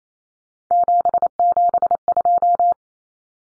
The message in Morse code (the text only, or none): 772